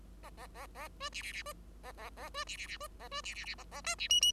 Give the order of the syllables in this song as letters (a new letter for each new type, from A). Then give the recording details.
A A A A B C C C B A A A B C C C B A B C C C A A D C E E. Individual Bird5